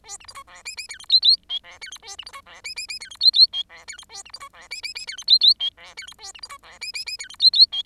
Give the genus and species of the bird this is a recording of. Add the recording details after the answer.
Lonchura striata domestica. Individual Bird10